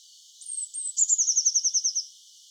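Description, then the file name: Eurasian blue tit: a pair of piercing high notes, then a brisk run of roughly eleven repeated trill notes, slightly descending. "Cyanistes caeruleus"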